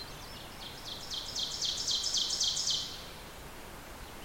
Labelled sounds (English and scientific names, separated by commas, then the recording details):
Ovenbird (Seiurus aurocapilla) song
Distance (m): 30 m
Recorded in boreal forest in Alberta, Canada, on 14 June 2016 at 05:57
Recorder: SongMeter 3, array SBT-3-33
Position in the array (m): 108 m, 8 m
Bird 21